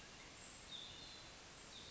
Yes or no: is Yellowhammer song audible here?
no